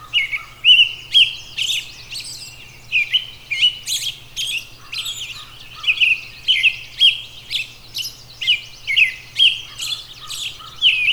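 Robin song: busy, high-pitched twitters and trills repeated in quick succession, about two bursts a second, with a low hum behind.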